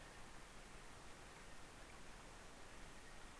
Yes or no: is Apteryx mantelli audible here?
yes